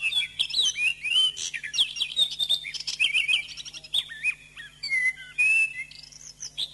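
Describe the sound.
Thrush song: tumbling whistled notes and scratchy chatter, then clearer drawn-out whistles and a rising squeaky phrase, over a faint low hum.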